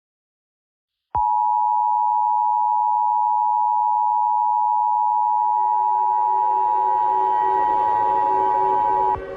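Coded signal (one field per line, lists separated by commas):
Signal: Emergency Alert System (SAME) tones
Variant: 853 and 960 Hz attention tone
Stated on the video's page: Fictional EAS scenario (simulated) about a worldwide tsunami.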